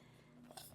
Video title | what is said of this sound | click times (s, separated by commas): WATCH ME Unbox and Download App For This Smart Pet Feeder | just like that. Clicks right in. | 0.5 s, 0.6 s